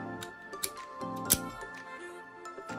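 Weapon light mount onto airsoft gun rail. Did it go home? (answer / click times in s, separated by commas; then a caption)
yes / 0.6 s, 1.3 s. An OLIGHT Odin mounted weapon light's rail clamp is slid onto an airsoft gun's rail from the other side and pressed home, with music playing in the background. Sharp short clicks land at 0.6 s and 1.3 s as the clamp locks, and the light is seated on the rail.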